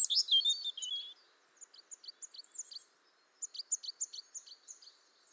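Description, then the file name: European robin song: a quick high warbled phrase, then two short series of high, thin notes. "Erithacus rubecula"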